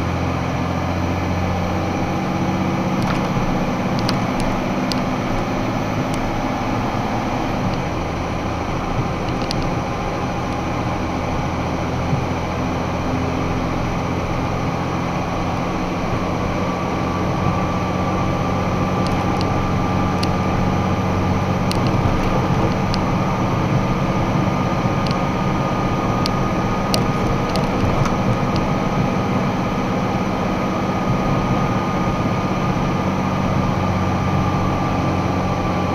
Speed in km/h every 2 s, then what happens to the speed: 67, 71, 75, 79, 81, 83, 85, 88, 90, 91, 92, 93, 95, 96, 95, 94, 91, 88.
0-19 speeds up to 92. 19-28 steady at about 95. 28-36 slows to 88.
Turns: none.